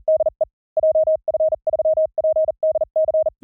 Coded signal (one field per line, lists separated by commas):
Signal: Morse code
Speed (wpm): 40 wpm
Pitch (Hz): 630 Hz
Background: none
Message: DE JF3PDC